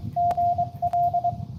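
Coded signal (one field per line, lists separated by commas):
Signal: Morse code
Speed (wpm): 24 wpm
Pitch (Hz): 700 Hz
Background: radio noise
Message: GL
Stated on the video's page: Live POTA park activation in Morse code.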